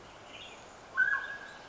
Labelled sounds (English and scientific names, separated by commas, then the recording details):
Western Tanager (Piranga ludoviciana)
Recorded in Sonoma County, California